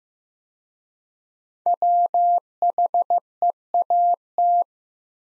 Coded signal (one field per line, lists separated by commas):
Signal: Morse code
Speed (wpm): 15 wpm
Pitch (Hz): 700 Hz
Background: none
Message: WHEAT